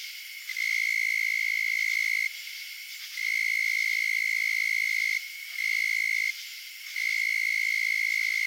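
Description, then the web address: Narrow-winged tree cricket trilling in a pure, high, steady tone, with unbroken trills of up to two seconds separated by short quieter gaps. "Crickets and Katydids. Narrowwinged Tree Cricket, Oecanthus niveus"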